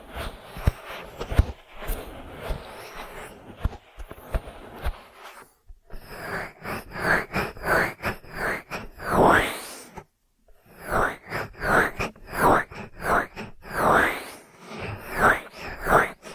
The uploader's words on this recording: ASMR 3D Ear Massage that Penetrates Your Brain (No Talking).